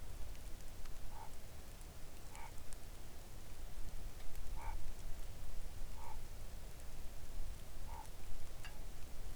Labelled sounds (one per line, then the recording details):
bird
rain
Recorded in the Arctic National Wildlife Refuge, Alaska, on 3 August 2019 at 05:48
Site 41